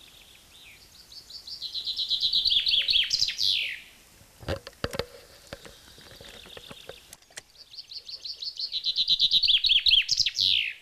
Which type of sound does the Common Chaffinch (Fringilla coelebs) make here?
song